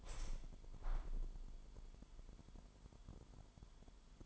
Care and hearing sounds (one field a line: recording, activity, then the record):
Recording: daily activity, microphone in the room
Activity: open window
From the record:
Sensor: 5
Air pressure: 998.7 hPa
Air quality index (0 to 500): 105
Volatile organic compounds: 2 ppm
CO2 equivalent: 1214 ppm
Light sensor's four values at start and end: 51/127/52/60 and 51/126/52/59